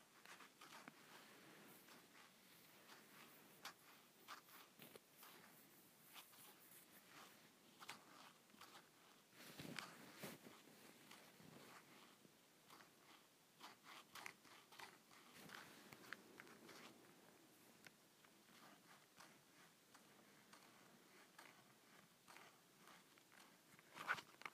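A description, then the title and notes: Leather is scratched and rubbed in a busy, uneven stream of rough, crackly strokes with a dry, bright grain. Short louder scrapes stand out around 10 seconds, near 16 seconds and again at the very end. No low rumble sits beneath. ASMR Leather Scratching.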